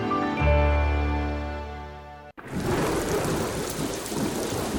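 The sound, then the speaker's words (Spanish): A deep, rolling rumble of thunder swells for a couple of seconds, then cuts off sharply into the steady, dense hiss of heavy rain pouring down, with no voices. “Con el mal tiempo llega la lluvia en el parabrisas, los cristales empañados, rascar el hielo por las mañanas, los bancos de niebla y el suelo deslizante.”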